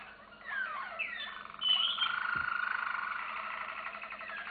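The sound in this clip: Canary song opening with swooping slurred notes, then a high whistle and a long, even rolling trill.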